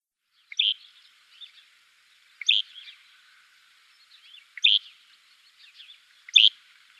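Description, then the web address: Southern Grey Shrike song: four sharp, scratchy notes at uneven intervals of about two seconds, separated by quiet chatter. "Schulze Peter Southern Grey Shrike song"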